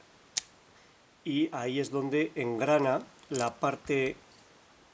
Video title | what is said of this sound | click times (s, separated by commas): 836 MOTTURA 3D KEY GANZUANDO Y DESMONTADO PARCIAL sub eng | it has a kind of clutch, when we insert the key it enters smoothly until the end that makes a click, | 0.4 s